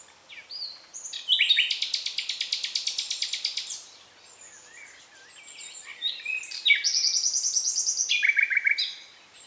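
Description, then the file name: Common nightingale song: a long rapid pulsing trill held for over two seconds, a pause, then varied whistles leading into another fast rattling series. "Luscinia megarhynchos"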